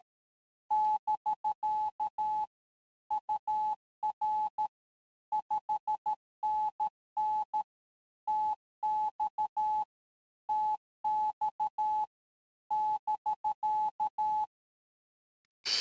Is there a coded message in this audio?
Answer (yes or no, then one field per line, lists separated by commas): yes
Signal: Morse code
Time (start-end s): 0.7-14.4 s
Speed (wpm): 13 wpm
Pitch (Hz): 860 Hz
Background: none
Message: <BK> UR 5NN TX TX <BK>